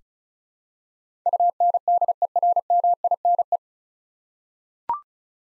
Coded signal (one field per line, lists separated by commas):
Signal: Morse code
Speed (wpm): 36 wpm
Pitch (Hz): 700 Hz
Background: none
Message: UNDERMINE